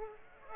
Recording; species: mosquito wingbeat signal from an infrared sensor; Aedes aegypti